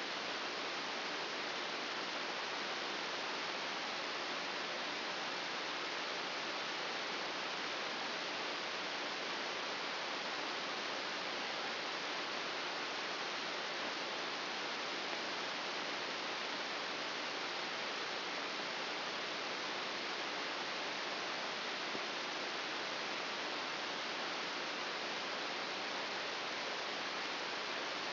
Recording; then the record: brain microelectrode recording played as sound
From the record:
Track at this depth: outside the subthalamic nucleus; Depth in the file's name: 6.601 mm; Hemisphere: right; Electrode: 2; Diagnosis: Parkinson's disease